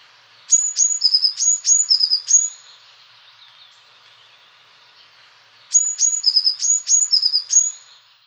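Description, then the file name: Eurasian blue tit song: very high thin notes mixed with short tinkling trills, the phrase given twice over a soft hiss. "Blåmeis"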